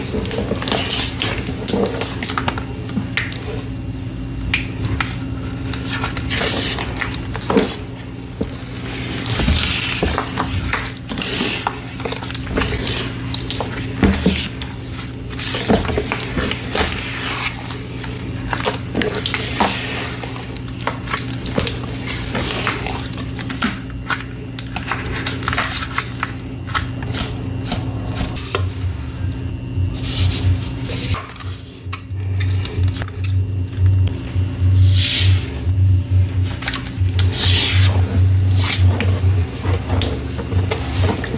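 Chalk is crushed and worked by hand, with dense, irregular crunching, squishing and scraping that comes in bursts throughout. A steady low hum runs underneath, and after about thirty seconds the low rumble shifts and grows slightly grittier.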